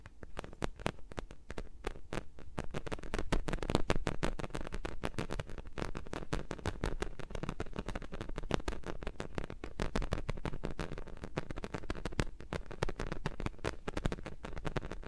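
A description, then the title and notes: Fingers rub and tap against microphones in a dense, continuous stream of crisp little clicks and scratches, many per second, bright and sharp. The rustling stays busy and fairly even throughout, with a low steady rumble underneath and no voice. ASMR with Mics Around My Fingers (No Talking).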